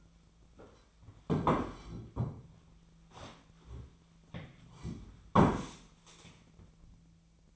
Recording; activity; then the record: daily activity, microphone in the room; sit down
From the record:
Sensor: 1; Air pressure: 1008.2 hPa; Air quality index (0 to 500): 191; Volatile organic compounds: 17 ppm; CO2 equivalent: 2593 ppm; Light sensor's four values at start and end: 14/35/14/16 and 14/36/14/16